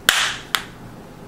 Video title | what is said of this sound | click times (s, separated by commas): Mounting a Contour HD Camera to Sly Profits | simply snaps into place | 0.1 s, 0.6 s